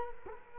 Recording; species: mosquito wingbeat signal from an infrared sensor; Culex quinquefasciatus